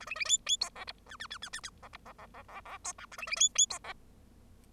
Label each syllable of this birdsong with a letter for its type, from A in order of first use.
A B B C C D E F G G G G G E F E E E E E D H A B B C C D E